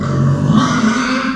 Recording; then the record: squeal of a Yucatan mini pig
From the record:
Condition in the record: after surgery on the right vocal fold (resection and tissue-engineered implant); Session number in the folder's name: 14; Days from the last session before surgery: 133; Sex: female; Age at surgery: 19 weeks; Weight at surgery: 25 kg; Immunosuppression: prednisolone